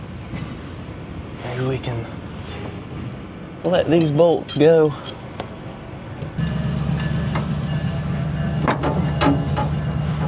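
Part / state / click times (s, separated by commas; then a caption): rusted bolt in truck bracket / stripped / 8.7 s, 9.2 s. Someone talks while old, rusted mounting bolts in a truck bracket on a vintage fire truck's fuel system are worked loose with a tool, and a steady low hum sets in from about 6.4 s. Sharp snaps ring out at 8.7 s and 9.2 s as the rusted bolt threads snap off, leaving the bolt stripped.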